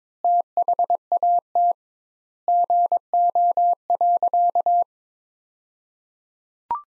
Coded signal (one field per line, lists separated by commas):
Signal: Morse code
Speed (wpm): 22 wpm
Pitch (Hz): 700 Hz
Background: none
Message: THAT GO.